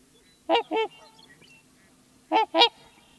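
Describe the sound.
Trumpeter swan giving two pairs of resonant, bugle-like honks, separated by a quiet pause of about one and a half seconds.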